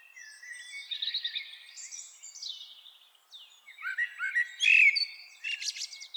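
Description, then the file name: Common blackbird song, a steady run of fluty whistles sliding up and down, then a brighter burst of warbling with thin squeaky notes at the end. "Turdus merula"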